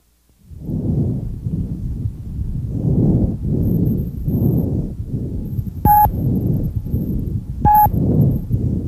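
Soft, rushing breath sounds in an adult chest alternate steadily, with inspiration and expiration about equal in length and loudness. Two brief electronic beeps interrupt near the end. These are bronchovesicular breath sounds, normal anteriorly near the main stem bronchi in the first and second intercostal spaces and posteriorly between the scapulae, but heard elsewhere with lung consolidation.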